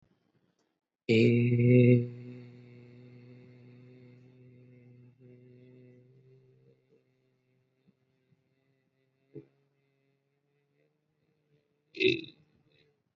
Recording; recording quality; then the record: sustained vowel as in made; excellent, no background noise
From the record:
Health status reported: exposed to COVID-19, no respiratory illness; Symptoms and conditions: cold, sore throat, fatigue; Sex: male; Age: 27 years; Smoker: not ticked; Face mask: not worn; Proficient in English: yes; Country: India